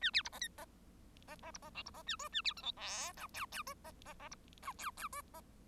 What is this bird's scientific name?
Lonchura striata domestica